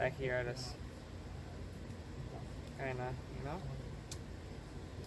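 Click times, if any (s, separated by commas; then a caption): 4.1 s. During a 1.8 T engine rebuild with a big turbo and rods upgrade, a small metal part, possibly a piston pin retaining clip or a rod bearing shell, is pressed into a piston or connecting rod. Someone talks over a steady low hum, and a single sharp tick at 4.1 s marks the part popping into place, seated.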